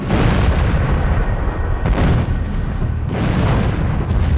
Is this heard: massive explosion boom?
yes